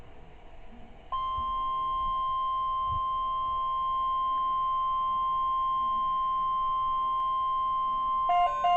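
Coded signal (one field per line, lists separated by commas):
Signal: Emergency Alert System (SAME) tones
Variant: 1050 Hz attention tone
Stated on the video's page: Alerts from severe weather storms; NOAA weather radio.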